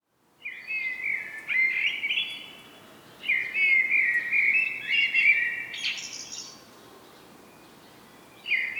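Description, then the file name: Common blackbird song: mellow warbled phrases of a few seconds, each ending in a higher squeaky twitter, separated by short pauses. "Turdus merula"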